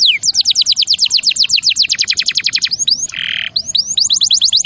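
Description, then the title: Canary song: a fast rolling series of high downslurred notes, then a brief buzzy burst and more swept whistles, bright and continuous. Champion canary song used as a master recording for training other birds. "Masteran Kenari Juara"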